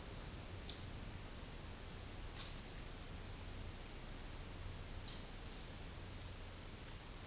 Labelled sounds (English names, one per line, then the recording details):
none
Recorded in dense forest near Puerto Asís, Putumayo, Colombia, on 13 March 2025 at 12:30
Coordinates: 0.485, -76.318
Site G056